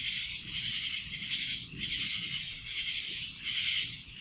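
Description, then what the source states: Dense cicada buzzing, a constant high shrill whir rising and falling in a few broad swells. Recorded in Annapolis in July 2012; several cicadas.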